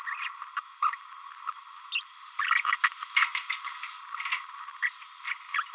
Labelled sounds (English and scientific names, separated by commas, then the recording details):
Green-rumped Parrotlet (Forpus passerinus) babbling
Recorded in a nest box in Venezuela
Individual 18B25A5